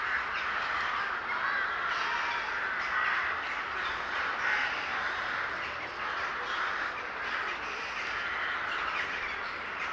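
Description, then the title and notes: Bird flock in full chorus, many harsh caws and squawks overlapping into a steady roar of calls with no pause. Gathering of birds recorded in S. Staszic Park, Łódź. "Ptaki W Parku Im. S. Staszica W Łodzi. Nagranie wykonane z parku im. S. Staszica w Łodzi. Zgromadzenie ptaków"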